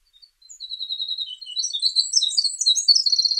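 Winter wren song: soft opening notes, then a quick series of repeated high notes that breaks into an energetic tumbling warble of trills.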